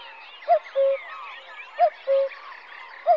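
Common cuckoo calling its two-note cuckoo, a higher arched note dropping to a lower steady one, repeated about every one and a quarter seconds over faint background birdsong.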